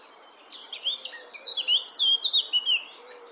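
Eurasian blackcap singing a brisk, jumbled warble of sweet whistles and scratchy notes, lasting about two and a half seconds.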